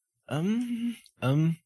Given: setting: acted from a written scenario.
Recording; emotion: vocal sound without words; embarrassment